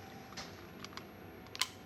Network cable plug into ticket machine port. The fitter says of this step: make sure that click now